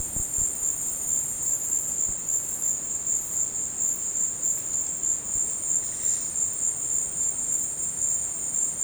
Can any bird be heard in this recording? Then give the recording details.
no. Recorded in dense forest near Puerto Asís, Putumayo, Colombia, on 22 December 2024 at 14:30. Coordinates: 0.466, -76.327. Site G075